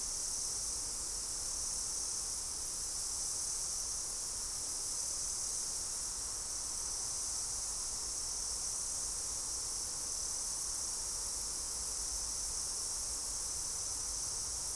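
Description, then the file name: Insects keep up a constant high, sizzling drone across the whole stretch, unchanging in pitch and loudness, over soft low background noise. "mainly insect"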